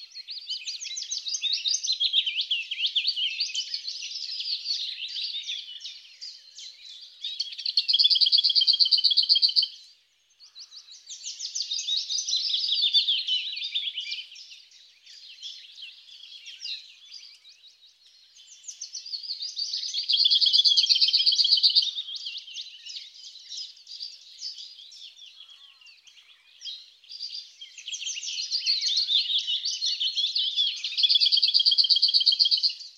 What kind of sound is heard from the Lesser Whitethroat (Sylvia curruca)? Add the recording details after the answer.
song. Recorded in the wild. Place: Waltershofen / Freiburg im Breisgau, Baden-Württemberg, DE. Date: 2009-05-11. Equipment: MiniDisc Sharp MT 20 H. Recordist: Schwarz, Dieter